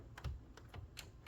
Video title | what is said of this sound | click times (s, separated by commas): How I made my Mitsubishi mini-split cool like new again!! | Snaps into place. | 1.0 s